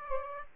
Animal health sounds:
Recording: mosquito wingbeat signal from an infrared sensor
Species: Aedes aegypti

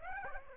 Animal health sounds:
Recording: mosquito wingbeat signal from an infrared sensor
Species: Aedes aegypti

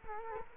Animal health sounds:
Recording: mosquito wingbeat signal from an infrared sensor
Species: Culex quinquefasciatus

